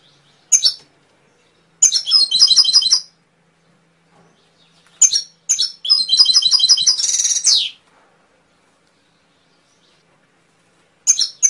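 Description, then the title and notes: Canary song in several bursts of rapid repeated high trilled syllables, one ending in a dense buzzy trill, separated by silent gaps. Canary song, used as masteran training audio for songbirds. "PANCINGAN SUARA MASTERAN KENARI. masteran kicau kenari"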